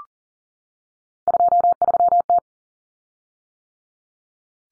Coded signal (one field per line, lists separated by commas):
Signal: Morse code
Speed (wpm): 40 wpm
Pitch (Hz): 700 Hz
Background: none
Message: 23T